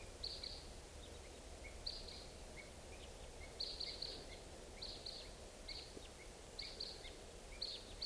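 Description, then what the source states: Red Crossbill calls: short sharp high chips repeated several times, with some lower notes, over steady low background hiss. Type 2 birds heard at 6:55 in the morning, coming around; two birds calling, then three or four responding.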